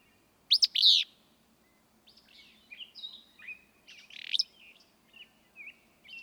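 Willow flycatcher gives a loud, burry, sneezing phrase near the start, followed by soft chirps and slurred whistles.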